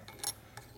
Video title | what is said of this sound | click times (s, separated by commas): 1941 wld 45 56ci stroker #169 flathead motor build 4-5/8 in harley wl by tatro machine | Oop, pops right in. | 0.3 s